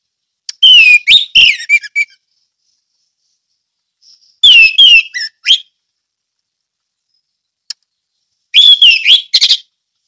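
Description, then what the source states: Orange-headed thrush song: three bursts of rapid varied whistles and buzzy notes, separated by silent pauses. Ngeplong song style.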